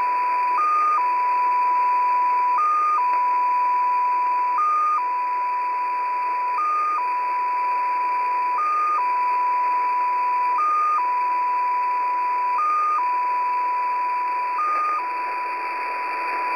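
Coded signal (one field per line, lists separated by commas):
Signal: numbers station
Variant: XPA2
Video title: XPA2 Data Mode 08/07/2023 0910 UTC 13445kHz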